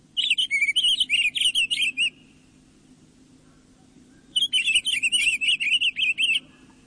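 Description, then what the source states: Pine Grosbeak song: two sweet, rich warbled phrases of about two seconds each, quick bubbling notes, separated by a two-second pause. Warbles sweetly from scattered evergreens in the high subalpine zone of western mountains.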